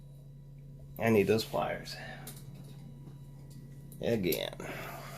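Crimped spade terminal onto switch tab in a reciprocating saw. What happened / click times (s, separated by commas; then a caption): Terminal handled but not yet seated / none. A heavy-duty crimped KS brand spade terminal is handled with pliers as it is about to be pushed onto its metal switch tab inside a Milwaukee Orbital Super Sawzall reciprocating saw, while someone talks over a steady low hum. A brief faint tick is heard around 2.3 s. Nothing has seated or clicked yet; the terminal is not yet home when the clip ends.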